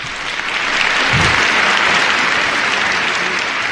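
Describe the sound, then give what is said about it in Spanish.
Steady audience applause welcoming two guests who work in real estate, a lawyer and an administrator, on a program, a dense wash of many hands clapping that swells in quickly and holds at a loud, even level for several seconds with no talking over it. “tremendo recibimiento con aplausos y todo, pues.”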